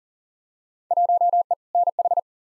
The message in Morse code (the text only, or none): 1E NH